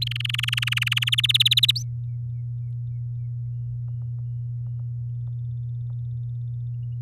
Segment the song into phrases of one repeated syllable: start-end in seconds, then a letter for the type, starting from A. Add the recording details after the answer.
0.07-1.04 A, 1.07-1.71 B, 1.75-1.83 C. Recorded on 7 May 2018 at 07:04. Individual llb16